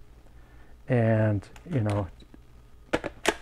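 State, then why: Seated. A camera-style battery is slid onto the battery plate of a streaming backpack while someone talks. A few small hits follow, ending in a louder click at 3.3 s as the battery locks into place.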